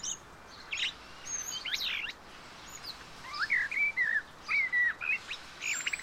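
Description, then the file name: Common blackbird song, mellow whistled phrases sliding up and down in the middle, with high thin twitters around it. "Turdus merula"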